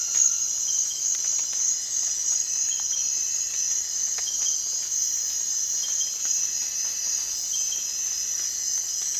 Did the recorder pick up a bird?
no